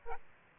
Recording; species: mosquito wingbeat signal from an infrared sensor; Aedes aegypti